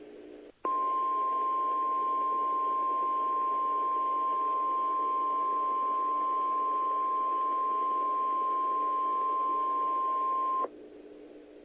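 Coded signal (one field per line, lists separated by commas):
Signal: Emergency Alert System (SAME) tones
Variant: 1050 Hz attention tone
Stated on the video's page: EAS alerts from the Oklahoma City tornado outbreak, presented as a timeline.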